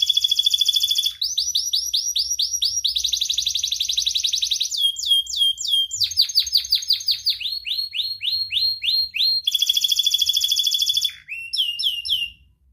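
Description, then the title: Canary song with varied phrases: fast trills, rolls and chattering runs of swept notes changing every second or two, continuous for about twelve seconds. Canary singing persistently with a rich, varied song. "Kenari Gacor Cengkok Terbaik Isian Paling Mewah"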